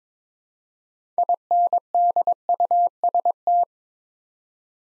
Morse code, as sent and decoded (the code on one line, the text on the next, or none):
.. -. -.. ..- ... -
INDUST